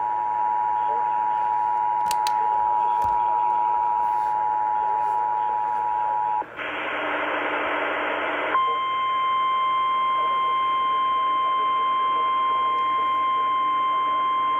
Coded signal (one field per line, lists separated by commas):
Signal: Emergency Alert System (SAME) tones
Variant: 853 and 960 Hz attention tone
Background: speech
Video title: Alerts just keep coming EAS# 145-157 7/28/20 - 7/29/20